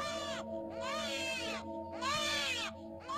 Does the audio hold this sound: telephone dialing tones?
no